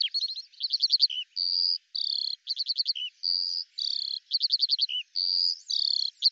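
Eurasian skylark song of alternating fast rattling trills and sustained buzzy notes in a high register.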